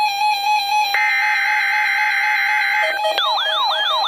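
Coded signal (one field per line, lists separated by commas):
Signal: Emergency Alert System (SAME) tones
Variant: header bursts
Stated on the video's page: NOAA weather radio station in Milwaukee, Wisconsin, carrying a Required Weekly Test.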